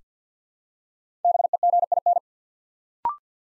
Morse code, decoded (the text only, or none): BEGIN